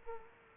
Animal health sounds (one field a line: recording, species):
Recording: mosquito wingbeat signal from an infrared sensor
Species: Culex quinquefasciatus